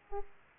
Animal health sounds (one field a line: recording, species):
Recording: mosquito wingbeat signal from an infrared sensor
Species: Aedes aegypti